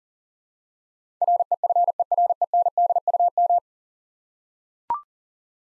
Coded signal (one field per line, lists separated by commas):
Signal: Morse code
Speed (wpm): 40 wpm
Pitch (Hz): 700 Hz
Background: none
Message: REFERENDUM